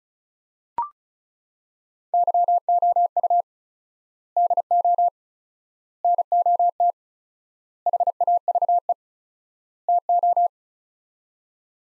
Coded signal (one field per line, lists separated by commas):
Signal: Morse code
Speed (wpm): 34 wpm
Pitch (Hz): 700 Hz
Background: none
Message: YOU DO NOT HAVE TO